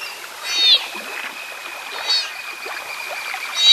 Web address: sea otter